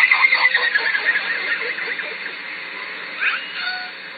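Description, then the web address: Killer whale high whistle at the start, then a fading train of pulsed sounds and a short rising pulsed call, over constant low tonal hum. Southern Resident killer whales, Lime Kiln, June. "SRKW Orca Calls Lime Kiln June"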